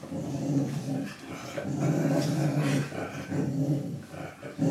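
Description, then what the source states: Dog growling in a low, rumbling stretch with brief pauses. Female dog at home being dried with a towel after a bath, tail wagging, told to stop; described as happy barking.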